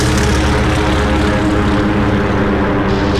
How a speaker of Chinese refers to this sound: 福特的摄影师拍完录像后，他们就起飞去袭击日军舰队了。首先起飞的是第8鱼雷轰炸机中队。